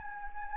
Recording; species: mosquito wingbeat signal from an infrared sensor; Anopheles gambiae